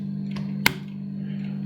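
The other side of a plastic brick corner section is pressed home into the body of a Lego Star Wars Millennium Falcon model spaceship. Over a steady low hum, faint handling sounds come at about 0.3–0.4 s, then one sharp snap at 0.7 s. The section snaps into place and is seated.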